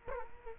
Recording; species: mosquito wingbeat signal from an infrared sensor; Culex quinquefasciatus